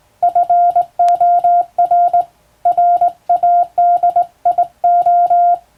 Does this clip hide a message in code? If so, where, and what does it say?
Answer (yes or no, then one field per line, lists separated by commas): yes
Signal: Morse code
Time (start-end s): 0.2-5.5 s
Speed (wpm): 20 wpm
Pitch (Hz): 700 Hz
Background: music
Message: FOR RADIO